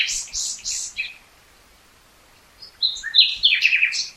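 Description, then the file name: Common nightingale song: three fast buzzy bursts, a pause, then a run of loud varied whistled and chattering notes. "Luscinia megarhynchos"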